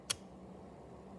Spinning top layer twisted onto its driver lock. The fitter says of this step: okay so first click